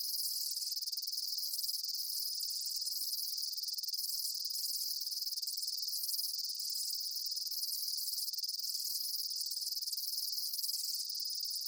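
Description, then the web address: Insects chirping in an unbroken high chorus, fast pulsing trills overlapping steadily throughout, with faint lower chirps surfacing every couple of seconds. Daytime insect ambience; chirping bugs recorded during the day. "Blast Wave Update 1 Amb Day Insects. animal ambience insects chirps day bugs"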